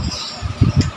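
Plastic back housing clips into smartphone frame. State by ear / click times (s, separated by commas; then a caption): not seated / none. The plastic back housing of a Samsung A21s smartphone is handled and pressed against the phone's frame during reassembly after an LCD replacement. Soft, low handling thumps come through around 0.6 s and 0.8 s, with a brief brighter tick near 0.8 s. Nothing has seated or clicked yet; the housing clips have not snapped into place by the end of the clip.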